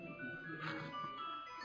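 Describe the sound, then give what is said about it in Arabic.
A mobile phone rings during an Arabic grammar lesson, a bright electronic ringtone melody of steady tonal notes that swell slightly midway and hold for under two seconds over a soft background hum. “أو حتى الجوال اعترض.”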